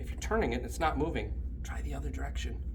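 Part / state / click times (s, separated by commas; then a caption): tilt lock knob in office chair mechanism / not seated / none. Someone talks while handling the tilt-lock knob of an office chair mechanism, which turns only about a quarter turn, over a steady low hum. The knob has not clicked into position yet, so the chair's tilt is not yet locked.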